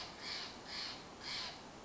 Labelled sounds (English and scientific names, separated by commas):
Steller's Jay (Cyanocitta stelleri)